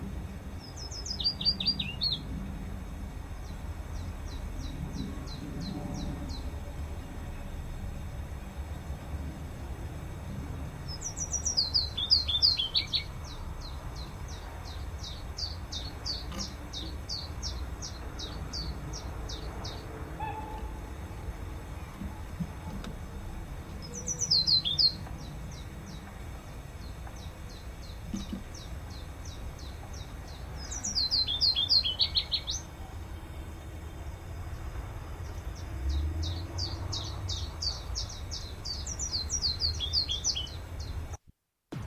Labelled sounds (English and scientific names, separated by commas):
Willow Warbler (Phylloscopus trochilus)